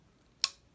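The safety lever in the action of a Winchester 75 .22LR rimfire rifle is put on. A single small, sharp metal click is heard at 0.4 s against near silence and fades quickly. The safety is on, and the click means the sear is tripped.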